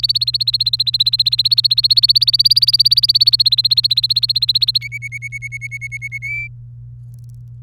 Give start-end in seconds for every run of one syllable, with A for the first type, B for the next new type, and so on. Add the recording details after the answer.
0.03-4.78 A, 4.81-6.18 B, 6.22-6.47 C. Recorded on 27 April 2018 at 16:09. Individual llb3